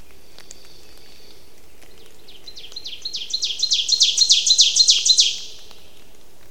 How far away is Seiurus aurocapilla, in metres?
about 10 m